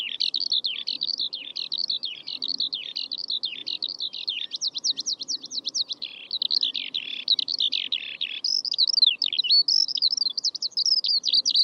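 Eurasian Skylark pouring out a continuous, buzzy, high warble, with rapid rolling trills in the middle and looping slurred notes near the end; faint low background hum.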